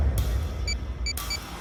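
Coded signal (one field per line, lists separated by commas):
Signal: none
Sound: car lock beeps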